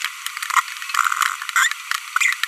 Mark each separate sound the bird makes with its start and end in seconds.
1.56-1.72, 2.16-2.34